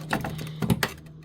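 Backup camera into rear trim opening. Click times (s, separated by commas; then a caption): 0.8 s. A rear backup camera housing is pushed into its opening in the plastic trim of a 2012-2014 Toyota Camry during the camera install. A few softer knocks at about 0.1, 0.3, 0.6 and 0.7 s lead to a sharp, loud snap at 0.8 s over a steady low hum. The camera piece is seated, snapped firmly into place so it won't come out.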